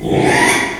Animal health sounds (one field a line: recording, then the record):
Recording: squeal of a Yucatan mini pig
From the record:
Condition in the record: after surgery on the right vocal fold (resection and tissue-engineered implant)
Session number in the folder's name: 3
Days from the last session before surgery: 33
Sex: male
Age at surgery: 12 weeks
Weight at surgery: 13 kg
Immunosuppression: cyclosporine, prednisolone